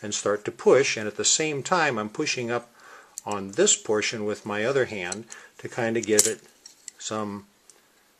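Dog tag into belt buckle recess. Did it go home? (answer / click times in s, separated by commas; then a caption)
no / none. A metal dog tag is pushed into a recess in a metal belt buckle while the other hand lifts the buckle's edge, as someone talks throughout. The tag is still being handled and has not snapped in or seated by the end of the clip.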